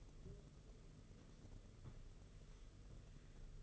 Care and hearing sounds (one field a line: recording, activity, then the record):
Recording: daily activity, microphone in the room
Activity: take from stove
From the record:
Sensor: 4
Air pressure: 995.4 hPa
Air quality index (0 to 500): 216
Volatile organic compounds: 261 ppm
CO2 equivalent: 4389 ppm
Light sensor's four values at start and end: 24/76/29/31 and 24/76/29/31